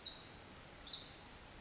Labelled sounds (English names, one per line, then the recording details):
Pacific Wren
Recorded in Sonoma County, California